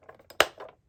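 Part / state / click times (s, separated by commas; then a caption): sliding door into model boxcar body / seated / 0.4 s. The sliding door of a plastic Lionel O scale Golden Ticket boxcar from the Willy Wonka & The Chocolate Factory train set is pushed shut along the boxcar body. A few soft plastic rattles come first, then a sharp, bright click at 0.4 s, followed by faint rubbing and small taps. The door is seated, clicked into its closed position.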